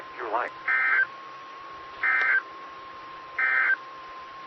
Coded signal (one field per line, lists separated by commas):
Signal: Emergency Alert System (SAME) tones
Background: speech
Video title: 2020-09-01 - W5RHS SKYWARN Repeater System 147.1200 and 146.8050 MHz